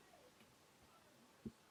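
The home button flex cable in an iPhone 6s Plus screen assembly is pushed back with a tool toward the small ridge it must sit behind. Quiet handling noise is heard, with one brief soft low knock near 1.5 s. Nothing has seated or clicked over the lip yet.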